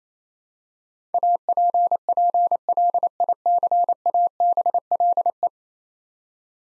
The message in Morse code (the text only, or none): APPLICABLE